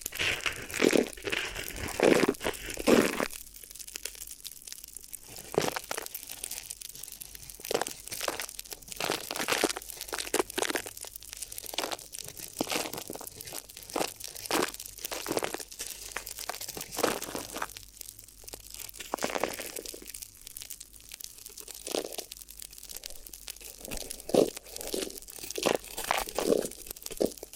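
Crinkly ear massage: dense, irregular crunching and crinkling bursts, sharp and bright, with short quieter gaps between rustling flurries throughout.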